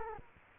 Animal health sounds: mosquito wingbeat signal from an infrared sensor; Culex quinquefasciatus

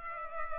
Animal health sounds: mosquito wingbeat signal from an infrared sensor; Culex pipiens

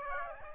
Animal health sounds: mosquito wingbeat signal from an infrared sensor; Aedes aegypti

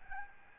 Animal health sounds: mosquito wingbeat signal from an infrared sensor; Aedes albopictus

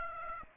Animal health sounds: mosquito wingbeat signal from an infrared sensor; Aedes aegypti

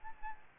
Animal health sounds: mosquito wingbeat signal from an infrared sensor; Aedes albopictus

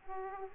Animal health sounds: mosquito wingbeat signal from an infrared sensor; Aedes aegypti

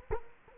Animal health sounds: mosquito wingbeat signal from an infrared sensor; Culex quinquefasciatus

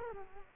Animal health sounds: mosquito wingbeat signal from an infrared sensor; Culex quinquefasciatus

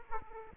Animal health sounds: mosquito wingbeat signal from an infrared sensor; Aedes aegypti

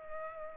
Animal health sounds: mosquito wingbeat signal from an infrared sensor; Culex pipiens

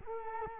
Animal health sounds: mosquito wingbeat signal from an infrared sensor; Culex quinquefasciatus

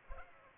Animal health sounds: mosquito wingbeat signal from an infrared sensor; Culex pipiens

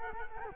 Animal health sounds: mosquito wingbeat signal from an infrared sensor; Culex quinquefasciatus

